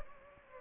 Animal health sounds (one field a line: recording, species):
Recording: mosquito wingbeat signal from an infrared sensor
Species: Anopheles gambiae